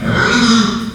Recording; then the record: squeal of a Yucatan mini pig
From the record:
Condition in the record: after surgery on the right vocal fold (resection and tissue-engineered implant); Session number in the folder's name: 12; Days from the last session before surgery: 105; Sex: female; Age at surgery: 19 weeks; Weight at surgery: 25 kg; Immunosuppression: prednisolone